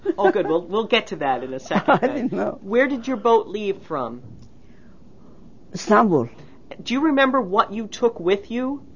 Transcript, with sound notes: Oh, good. Well, we'll get to that in a second then.
I didn't know. (she laughs)
Where did your boat leave from?
Istanbul.
Do you remember what you took with you?